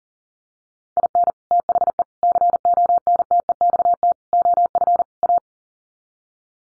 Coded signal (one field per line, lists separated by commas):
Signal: Morse code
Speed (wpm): 40 wpm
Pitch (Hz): 700 Hz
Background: none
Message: IN THE CONTEXT OF A